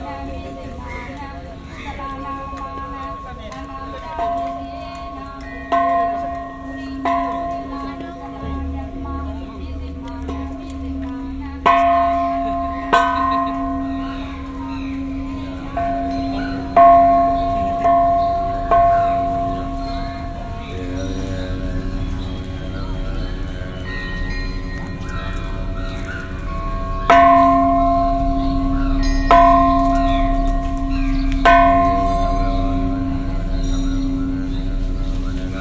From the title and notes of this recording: Shwedagon Pagoda - Yangoon - timelapse from 4 am to 8am.